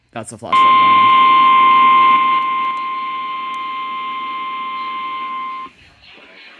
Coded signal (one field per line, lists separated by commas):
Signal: Emergency Alert System (SAME) tones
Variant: 1050 Hz attention tone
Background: speech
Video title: EAS 6136-6172 EAS Alerts from (5/17/24-5/18/24)